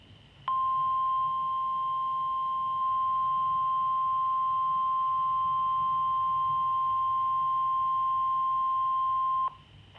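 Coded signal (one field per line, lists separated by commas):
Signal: Emergency Alert System (SAME) tones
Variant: 1050 Hz attention tone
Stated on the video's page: Severe Thunderstorm Warning on NOAA Weather Radio.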